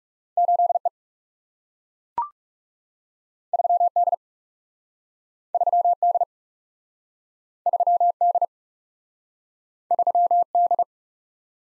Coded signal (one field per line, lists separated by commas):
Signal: Morse code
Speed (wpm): 40 wpm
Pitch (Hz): 700 Hz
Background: none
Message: 8 E 3 D 3 D 3 D 3 D